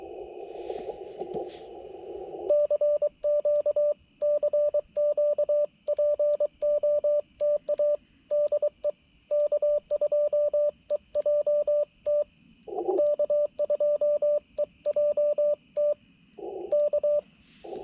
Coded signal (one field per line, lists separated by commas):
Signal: Morse code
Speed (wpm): 24 wpm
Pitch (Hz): 590 Hz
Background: radio noise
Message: CQ CQ POTA DE K2EJT K2EJT K